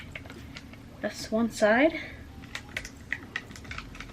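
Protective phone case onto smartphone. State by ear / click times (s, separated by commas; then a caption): seated / 3.1 s. Someone pushes the other side of a plastic protective phone case, possibly a Casetify, over a smartphone's edge, with small taps and rubbing sounds throughout while someone talks briefly. A sharp click at 3.1 s marks the case edge snapping on and seating.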